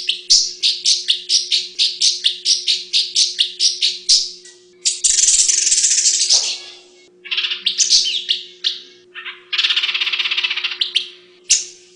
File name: paradise whydah